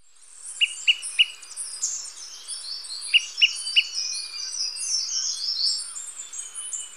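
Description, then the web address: Smoke-colored Pewee notes: two runs of three sharp, high pips, while other birds chatter and twitter continuously in the background. Ecuador. "Natures Songs S America Birds of Ecuador Smoke-colored Pewee"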